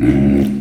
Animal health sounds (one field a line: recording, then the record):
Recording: squeal of a Yucatan mini pig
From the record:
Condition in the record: after surgery on the right vocal fold (resection and tissue-engineered implant)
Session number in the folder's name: 1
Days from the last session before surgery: 13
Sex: female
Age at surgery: 19 weeks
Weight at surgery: 25 kg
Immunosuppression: prednisolone